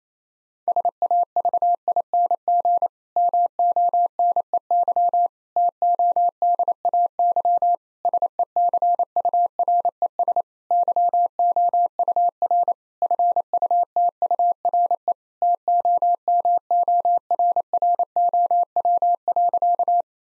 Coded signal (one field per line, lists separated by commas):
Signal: Morse code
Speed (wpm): 28 wpm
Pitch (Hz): 700 Hz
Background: none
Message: SAVING MONEY TODAY SECURES YOUR FUTURE TOMORROW.